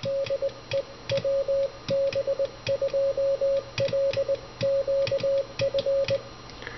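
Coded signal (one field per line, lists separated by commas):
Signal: Morse code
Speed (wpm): 20 wpm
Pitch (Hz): 550 Hz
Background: none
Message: DE WB2LQF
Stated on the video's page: Begali CW Machine sending, demonstrating its electronic version of the radiotelegraph "mill" used to copy CW off the air.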